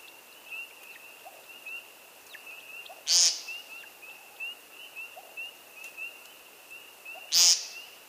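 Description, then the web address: American woodcock uttering two brief buzzy nasal peents about four seconds apart over a continuous thin high-pitched drone and faint chirps. "Woodcock"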